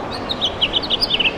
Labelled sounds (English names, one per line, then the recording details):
House Finch song
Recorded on Long Island, New York, on 7 June 2011
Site MV
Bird C